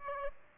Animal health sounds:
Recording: mosquito wingbeat signal from an infrared sensor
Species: Aedes albopictus

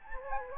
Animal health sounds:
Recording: mosquito wingbeat signal from an infrared sensor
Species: Anopheles gambiae

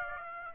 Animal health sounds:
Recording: mosquito wingbeat signal from an infrared sensor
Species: Aedes aegypti

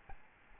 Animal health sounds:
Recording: mosquito wingbeat signal from an infrared sensor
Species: Aedes albopictus

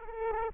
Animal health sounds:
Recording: mosquito wingbeat signal from an infrared sensor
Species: Aedes aegypti

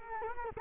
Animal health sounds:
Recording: mosquito wingbeat signal from an infrared sensor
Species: Culex quinquefasciatus

